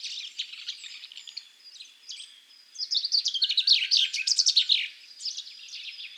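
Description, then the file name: Common chaffinch song: a bright, rattling phrase of rapid notes around the middle, with fainter, similar twittering before and after it. "Fringilla coelebs"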